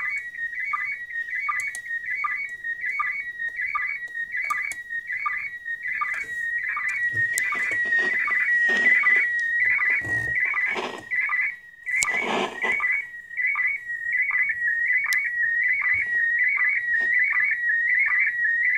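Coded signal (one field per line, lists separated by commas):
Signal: SSTV (slow-scan television)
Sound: warbling high tone with rapid regular chirps, steady rhythm, occasional crackly noise bursts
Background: radio static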